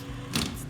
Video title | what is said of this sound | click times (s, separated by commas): The Cellar Door - S07E05 - Echuca, VIC - Echuca Distillery | did you hear that little click | 0.4 s